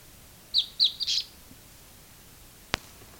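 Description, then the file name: Bird uttering four quick high chirps, the last slightly longer, followed by silence and a single sharp click. "SABIOD 50 bird 2015"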